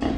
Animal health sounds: pig call; growing-finishing pig (85 days or more)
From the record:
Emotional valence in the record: negative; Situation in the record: barren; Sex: female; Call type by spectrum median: low-frequency call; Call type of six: low-frequency tonal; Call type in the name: low-frequency stable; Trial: 3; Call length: 0.19 s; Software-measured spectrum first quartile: 219 Hz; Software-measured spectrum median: 348 Hz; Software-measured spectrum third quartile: 824 Hz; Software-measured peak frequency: 264 Hz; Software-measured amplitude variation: 160 dB a second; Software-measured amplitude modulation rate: 26.8 a second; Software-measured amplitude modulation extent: 6.0 dB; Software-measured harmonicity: 1.5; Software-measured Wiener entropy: -0.85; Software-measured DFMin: 1000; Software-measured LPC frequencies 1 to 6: 1885, 2825, 3216, 4601, 5198, 6188 Hz

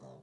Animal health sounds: pig call; piglet (1 to 25 days)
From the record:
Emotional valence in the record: negative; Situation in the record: short isolation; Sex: female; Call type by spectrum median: low-frequency call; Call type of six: low-frequency stable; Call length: 0.22 s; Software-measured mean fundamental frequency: 63 Hz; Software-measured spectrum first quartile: 191 Hz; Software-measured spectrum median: 426 Hz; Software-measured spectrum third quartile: 716 Hz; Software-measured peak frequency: 586 Hz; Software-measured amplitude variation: 69 dB a second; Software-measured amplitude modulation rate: 29.0 a second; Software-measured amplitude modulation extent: 2.4 dB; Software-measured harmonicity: -1.0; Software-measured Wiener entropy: 0.32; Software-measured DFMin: 1122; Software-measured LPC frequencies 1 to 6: 544, 3950, 5704, 6788, 7893, 9321 Hz

